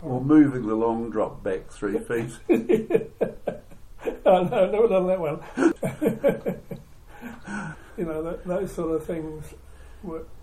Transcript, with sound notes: Or moving the long drop back three feet. [Chuckle] Oh, no – never done that one. [Chuckle] You know, those sort of things were